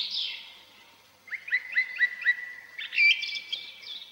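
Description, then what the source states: Song Thrush singing: a rapid run of about five repeated sharp notes, then a higher, more varied phrase, all clear and ringing. Spring forest; song heard from everywhere, unhurried sonorous phrases delivered from the treetops.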